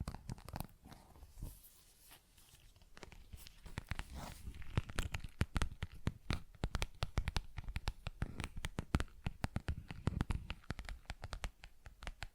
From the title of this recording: ASMR Tapping, Scratching & Zipper Sounds